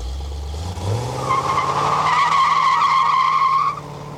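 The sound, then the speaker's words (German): A presumably stolen motorcycle speeds off after a bank robbery in Kingston, Jamaica, fleeing northwest along Queen Street with police in pursuit, its engine rising in pitch, then tires skid in a long, loud, high squeal for a couple of seconds before it cuts off abruptly. “Täterin mit vermutlich gestohlenem Motorrad auf der Flucht. Queen Street in nordwestliche Richtung. Bacardi 8 nimmt die Verfolgung auf.”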